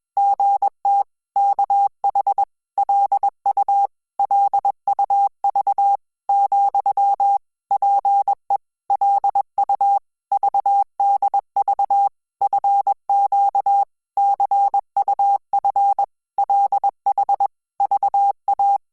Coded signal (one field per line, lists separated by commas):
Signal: Morse code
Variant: Korean alphabet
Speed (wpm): 21 wpm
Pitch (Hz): 800 Hz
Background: none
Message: 서 우 기 길 , 자 기 를 내 친 구 로